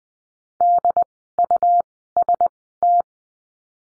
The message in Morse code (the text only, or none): DUST